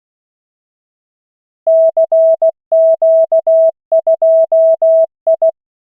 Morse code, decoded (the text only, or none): CQ2I